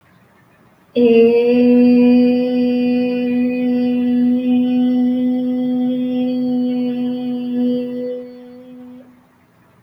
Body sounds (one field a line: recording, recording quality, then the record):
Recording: sustained vowel as in made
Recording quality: excellent, no background noise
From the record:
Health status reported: healthy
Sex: female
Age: 20 years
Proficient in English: yes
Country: India